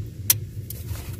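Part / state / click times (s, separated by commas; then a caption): wire terminal into vehicle interface module connector / not seated / none. A black wire terminal is pushed into the vehicle interface module (VSIM) connector on a 2014-2018 Ram. A sharp tap is heard at 0.3 s and a fainter one at 0.7 s over a low hum. Neither is the locking tab's click, so the terminal has not seated or clicked yet.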